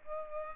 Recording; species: mosquito wingbeat signal from an infrared sensor; Culex pipiens